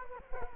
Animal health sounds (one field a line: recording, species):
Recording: mosquito wingbeat signal from an infrared sensor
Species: Culex quinquefasciatus